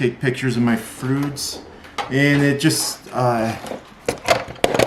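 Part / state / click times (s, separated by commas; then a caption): color filter into ring light housing / seated / 4.6 s. Someone talks while fitting an orange color filter, used for food photography, onto the front of a Neewer 18-inch ring light housing. A sharp plastic click at 4.6 s marks the filter snapping into place, followed by a few softer handling taps.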